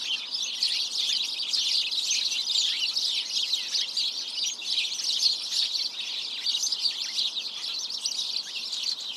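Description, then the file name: House sparrows calling together, a continuous busy mass of shrill chirps that holds an even level from start to finish. "Passer domesticus"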